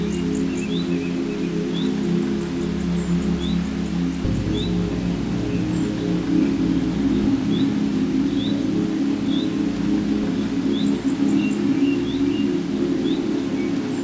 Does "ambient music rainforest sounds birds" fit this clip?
yes